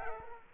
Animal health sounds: mosquito wingbeat signal from an infrared sensor; Culex quinquefasciatus

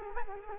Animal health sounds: mosquito wingbeat signal from an infrared sensor; Culex quinquefasciatus

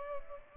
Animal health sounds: mosquito wingbeat signal from an infrared sensor; Culex pipiens

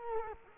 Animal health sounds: mosquito wingbeat signal from an infrared sensor; Culex quinquefasciatus

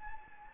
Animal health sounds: mosquito wingbeat signal from an infrared sensor; Anopheles gambiae

